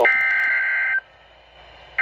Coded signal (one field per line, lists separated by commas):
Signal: Emergency Alert System (SAME) tones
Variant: header bursts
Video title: EAS #129-131 Tornado Warning